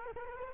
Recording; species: mosquito wingbeat signal from an infrared sensor; Culex quinquefasciatus